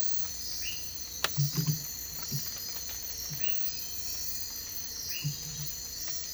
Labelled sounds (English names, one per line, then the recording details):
none
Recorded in dense forest near Puerto Asís, Putumayo, Colombia, on 22 December 2024 at 04:00
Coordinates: 0.484, -76.317
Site G026